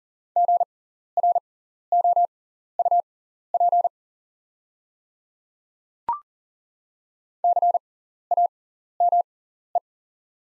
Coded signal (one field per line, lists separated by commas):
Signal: Morse code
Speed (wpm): 39 wpm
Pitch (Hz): 700 Hz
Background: none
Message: GROUP CAME